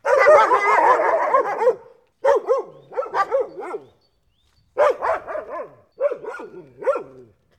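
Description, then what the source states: Dogs snarling: a drawn-out harsh growling snarl, then rapid bursts of sharp yapping barks in clusters separated by short silences. More than one dog, snarling.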